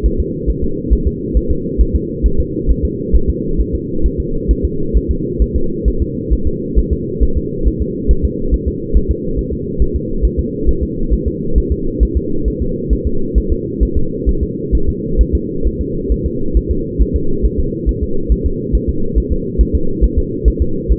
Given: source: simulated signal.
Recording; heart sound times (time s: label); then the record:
fetal heart sounds
0.06 s: S1
0.20 s: S2
0.50 s: S1
0.64 s: S2
0.93 s: S1
1.07 s: S2
1.37 s: S1
1.51 s: S2
1.81 s: S1
1.95 s: S2
2.26 s: S1
2.40 s: S2
2.71 s: S1
2.85 s: S2
3.16 s: S1
3.30 s: S2
3.61 s: S1
3.75 s: S2
4.06 s: S1
4.20 s: S2
4.51 s: S1
4.65 s: S2
4.97 s: S1
5.11 s: S2
5.42 s: S1
5.56 s: S2
5.88 s: S1
6.02 s: S2
6.33 s: S1
6.47 s: S2
6.79 s: S1
6.93 s: S2
7.23 s: S1
7.37 s: S2
7.68 s: S1
7.81 s: S2
8.11 s: S1
8.25 s: S2
8.54 s: S1
8.68 s: S2
8.97 s: S1
9.11 s: S2
9.39 s: S1
9.53 s: S2
9.82 s: S1
9.96 s: S2
10.25 s: S1
10.39 s: S2
10.69 s: S1
10.83 s: S2
11.14 s: S1
11.28 s: S2
11.58 s: S1
11.72 s: S2
12.03 s: S1
12.17 s: S2
12.48 s: S1
12.62 s: S2
12.93 s: S1
13.07 s: S2
13.38 s: S1
13.52 s: S2
13.83 s: S1
13.97 s: S2
14.29 s: S1
14.43 s: S2
14.75 s: S1
14.89 s: S2
15.21 s: S1
15.35 s: S2
15.67 s: S1
15.81 s: S2
16.12 s: S1
16.26 s: S2
16.57 s: S1
16.71 s: S2
17.02 s: S1
17.16 s: S2
17.46 s: S1
17.59 s: S2
17.89 s: S1
18.03 s: S2
18.32 s: S1
18.46 s: S2
18.75 s: S1
18.89 s: S2
19.18 s: S1
19.32 s: S2
19.61 s: S1
19.75 s: S2
20.04 s: S1
20.18 s: S2
20.48 s: S1
20.62 s: S2
20.92 s: S1
From the record:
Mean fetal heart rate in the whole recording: 135 bpm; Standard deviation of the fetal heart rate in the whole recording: 3 bpm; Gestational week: 34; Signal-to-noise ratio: -8.1 dB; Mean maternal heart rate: 72 bpm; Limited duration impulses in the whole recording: absent